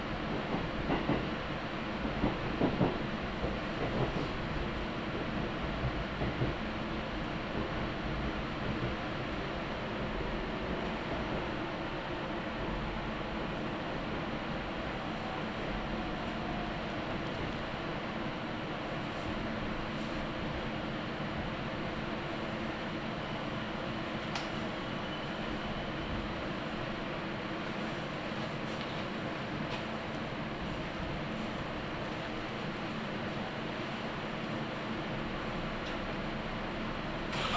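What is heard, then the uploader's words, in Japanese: A ride on the Gotemba Line train from Yamakita to Gotemba: a steady, dense rumble of the carriage rolling along the rails fills the whole recording. Faint clicks and brief brighter rattles surface now and then, with a few louder knocks in the first seconds. 御殿場線 山北→御殿場。やってくるのは2両とか3両の短い編成です。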